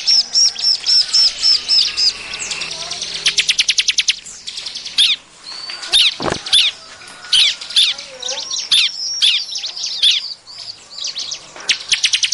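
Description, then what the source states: Bar-winged prinia song: fast trills and buzzy high chirps, then scattered whistled notes and sharp descending ticks, with a brief low thump around the middle. Lure call.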